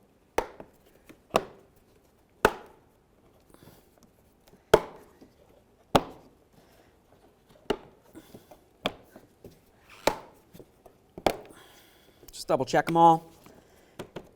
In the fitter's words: now once we have all of them started in we're just going to gently press it in listen for a click just